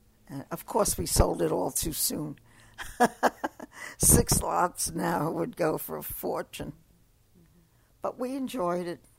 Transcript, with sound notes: And, of course, we sold it all too soon. ( she laughs ) Six lots now would go for a fortune. But we enjoyed it,